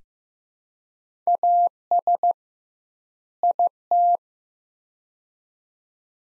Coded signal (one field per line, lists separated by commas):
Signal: Morse code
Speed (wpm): 15 wpm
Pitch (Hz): 700 Hz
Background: none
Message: AS IT